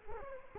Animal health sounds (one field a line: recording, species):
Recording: mosquito wingbeat signal from an infrared sensor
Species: Culex quinquefasciatus